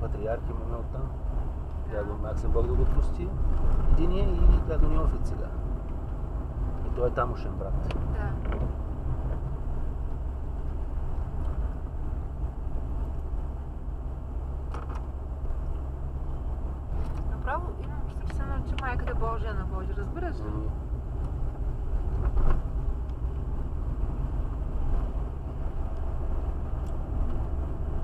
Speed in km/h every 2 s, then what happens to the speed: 39, 38, 41, 41, 39, 39, 40, 36, 38, 36, 33, 25, 26, 30.
0-17 steady at about 39. 17-22 slows to 25.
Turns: none.